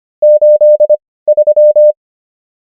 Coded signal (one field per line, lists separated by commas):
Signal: Morse code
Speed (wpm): 25 wpm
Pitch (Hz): 600 Hz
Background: none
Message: 83